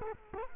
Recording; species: mosquito wingbeat signal from an infrared sensor; Culex quinquefasciatus